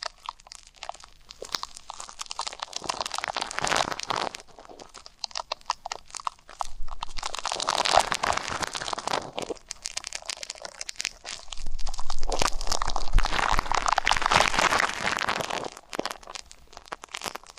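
Ear cleaning sounds: dense crunching and crinkling scratches in bursts, with quieter gaps around 4–6 and 10–11 seconds, growing louder near 12–15.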